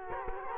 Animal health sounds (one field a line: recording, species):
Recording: mosquito wingbeat signal from an infrared sensor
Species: Culex quinquefasciatus